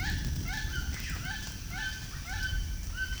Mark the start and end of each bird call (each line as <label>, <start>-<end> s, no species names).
bird call, 0.00-3.19 s